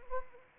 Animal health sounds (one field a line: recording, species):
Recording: mosquito wingbeat signal from an infrared sensor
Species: Anopheles arabiensis